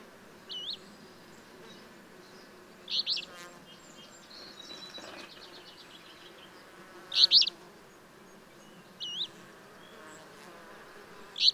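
Bird song: short high chirped phrases repeated at irregular intervals of roughly two to four seconds, with quieter buzzy and whistled notes in between.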